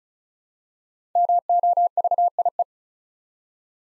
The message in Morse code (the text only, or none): MOVIE